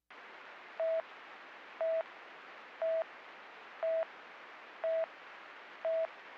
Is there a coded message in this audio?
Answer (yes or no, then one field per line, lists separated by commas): no